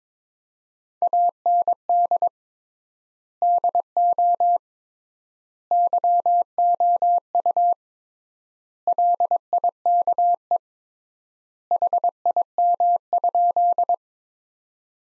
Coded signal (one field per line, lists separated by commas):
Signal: Morse code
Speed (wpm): 22 wpm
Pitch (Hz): 700 Hz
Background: none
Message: AND DO YOU LIKE HIM?